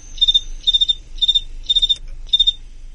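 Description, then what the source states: Cricket chirp song: five short buzzy chirps, each made of three or four quick pulses, about every half second. Played at full speed; wings rubbed about 17 times a second during each chirp, then a pause before the next chirp.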